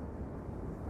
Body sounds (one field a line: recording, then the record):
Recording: background sound without coughing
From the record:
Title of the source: Train Ride Ambience ambient white noise for sleeping, focus, studying, reading